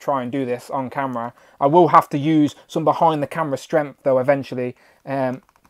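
A Marvel Legends Mr. Hyde build-a-figure's plastic head is being pushed onto the torso's neck joint peg while someone talks throughout. The head has not popped on yet, so nothing has seated or clicked in this clip.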